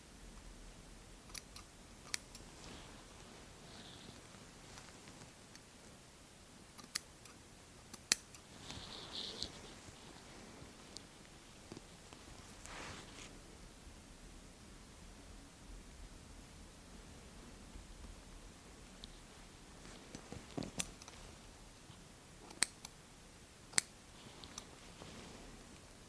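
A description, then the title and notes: Scissors snip in short, sharp clicks scattered through the recording, clustering around 1–3, 7–8 and 20–24 seconds. Between them a soft, steady hiss and low rustling of fabric continue, with brief swishy brushing sounds near 9 and 13 seconds. Insanely Stimulating Eyebrow & Beard Measuring, Trimming, Massage. Scissors, fabric rustling, head massaging.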